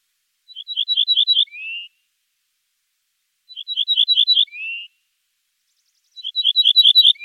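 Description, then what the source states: Ortolan bunting song: a short phrase of about six clear high notes ending in a lower drawn-out note, heard three times at roughly three-second intervals, the last phrase cut off. Song recalls the yellowhammer; likes oak avenues next to root crops, fallow land or natural meadows.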